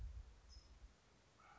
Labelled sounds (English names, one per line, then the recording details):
California Towhee
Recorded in Sonoma County, California